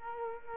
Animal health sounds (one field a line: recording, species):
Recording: mosquito wingbeat signal from an infrared sensor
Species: Culex quinquefasciatus